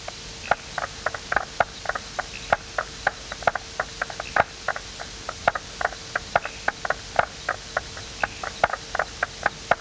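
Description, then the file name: Striped marsh frog: short percussive tok calls in quick, irregular succession. "Limnodynastes peronii"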